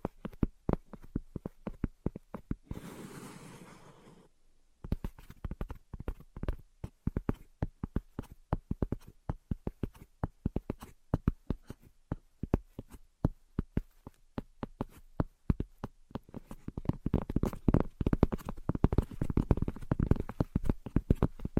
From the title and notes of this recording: ASMR Invisible Tapping and Scratching (No Talking).